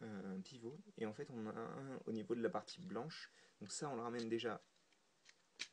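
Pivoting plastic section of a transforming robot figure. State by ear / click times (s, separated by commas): seated / 5.6 s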